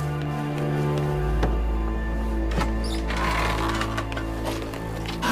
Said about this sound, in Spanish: La madre va a abrir la puerta.